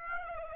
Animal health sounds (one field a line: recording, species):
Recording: mosquito wingbeat signal from an infrared sensor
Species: Aedes aegypti